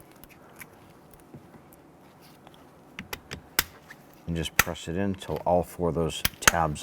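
A plastic power window and door lock switch for a 2008-2013 Infiniti G37 is lined up in the door trim bezel and pressed in until its four retaining tabs snap. A few light ticks sound around 3.0-3.3 seconds, then a loud snap at 3.6 seconds as the switch seats in the bezel. Someone then talks.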